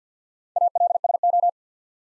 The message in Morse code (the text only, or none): ALSO